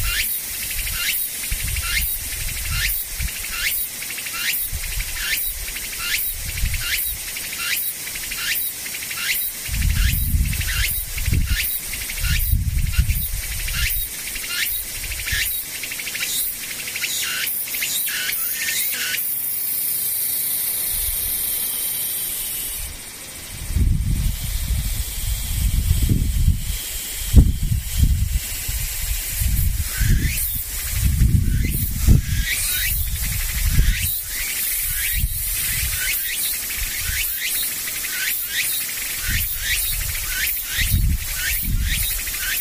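Insects call in quick, regular bright pulses, several per second, pausing briefly around twenty seconds while a steady hiss and a faint thin whine hold, then resuming. Low rumbling gusts, likely wind on the microphone, come and go underneath.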